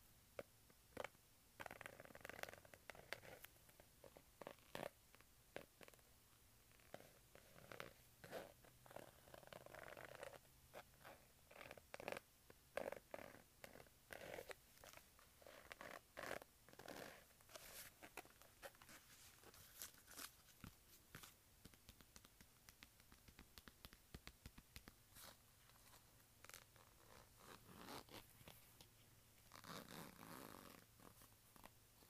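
A leather wallet is handled, with many short creaks, rubs and snaps scattered densely through the whole recording. Some moments bring longer rustling scrapes, around ten seconds and again near thirty. A low steady hum runs underneath throughout.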